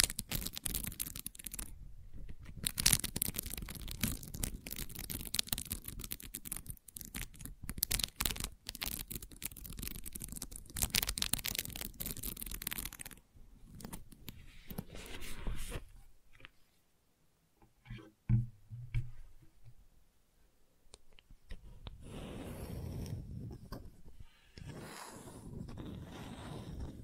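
Gentle scratching, with dense, rapid strokes that crackle brightly across the first thirteen seconds. It then thins into quieter, sparser scrapes with a near-silent stretch around seventeen seconds and a few isolated taps near eighteen. Softer, uneven scratching resumes through the final seconds.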